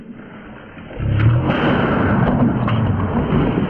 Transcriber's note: gunfire